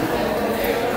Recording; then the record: background sound without coughing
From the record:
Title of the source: 40 min - Ambience sounds UNIVERSITY lunchroom chatting